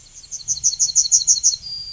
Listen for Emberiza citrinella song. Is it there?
yes